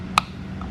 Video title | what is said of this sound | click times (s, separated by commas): Integra + S2000 + DRAGON TRIP | and you can sometimes get a little bit more of a turn on it before it clicks | 0.2 s